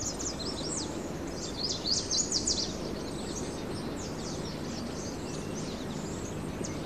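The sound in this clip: Birds chirping in a dense chatter of high, rapid, slurred notes throughout, over a continuous noisy background.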